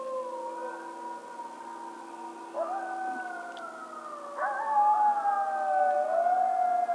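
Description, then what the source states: Coyote howls, several long drawn-out tones that overlap, each one stepping up or down in pitch and wavering, building louder toward the end. Coyote howl recorded 2007-03-16.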